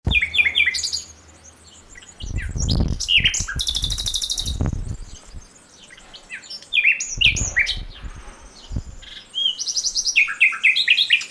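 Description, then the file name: Common nightingale singing rich varied phrases of chirps, trills and a rapid high rattle, interrupted by several low dull thumps or rumbles. "Luscinia megarhynchos"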